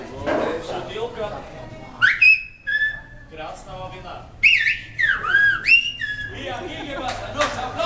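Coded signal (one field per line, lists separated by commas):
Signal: whistled language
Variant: Silbo Gomero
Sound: loud gliding whistles rising and falling between phrases, after some low voiced sounds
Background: talking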